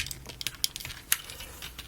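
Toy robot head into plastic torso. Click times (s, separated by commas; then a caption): 1.1 s. A vintage plastic transformable toy robot's head is pushed down into its plastic torso, with a series of small plastic clicks and taps. At 1.1 seconds the head's small tab locks into place with a sharp, louder click, seating the head firmly.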